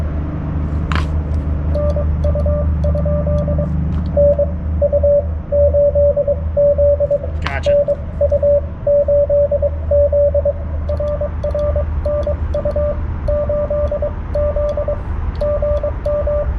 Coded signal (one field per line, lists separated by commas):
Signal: Morse code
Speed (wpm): 23 wpm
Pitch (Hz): 590 Hz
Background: radio noise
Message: NU? NU8Z NU8Z RR NU8Z GM